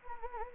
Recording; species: mosquito wingbeat signal from an infrared sensor; Anopheles gambiae